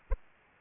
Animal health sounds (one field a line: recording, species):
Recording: mosquito wingbeat signal from an infrared sensor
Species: Aedes aegypti